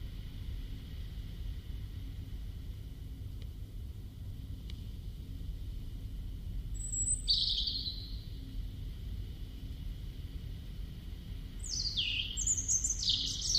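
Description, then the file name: European robin song: after a long quiet stretch, short high whistles drop and slide, followed by a busier burst of thin notes near the end, over steady low rumble. "Erithacus rubecula"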